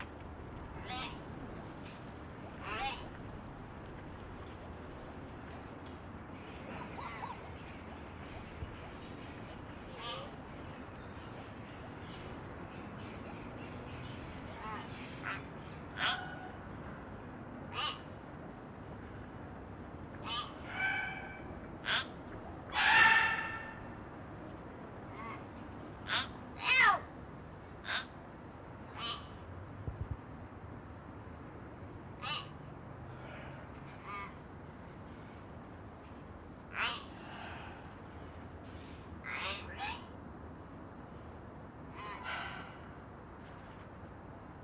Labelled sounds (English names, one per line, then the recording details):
Common Hill Myna call
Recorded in captivity
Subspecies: intermedia
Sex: group
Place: Zoo Halle, Sachsen-Anhalt, DE
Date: 2004-12-14 12:30
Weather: sunny, 2°C
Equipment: Sony WM-D6C, Sennheiser ME 80, Kopie Uher 4000 Report Monitor
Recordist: Tembrock, Günter